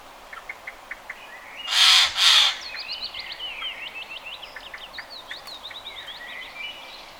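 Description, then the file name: Eurasian jay gives two quick, raspy screeches, followed by a busy run of high, short chirps and whistles from other birds. "Garrulus glandarius"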